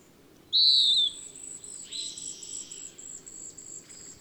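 Bird song: one loud, clear whistled note sliding slightly downward, then softer chirps and warbles over a thin, steady high buzz.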